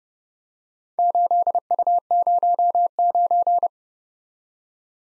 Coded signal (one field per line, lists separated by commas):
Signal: Morse code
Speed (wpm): 30 wpm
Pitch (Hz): 700 Hz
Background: none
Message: 8U09